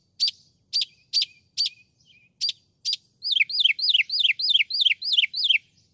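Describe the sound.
Northern mockingbird song: several sharp, separated high notes, then a rapid repeated series of downslurred chirps.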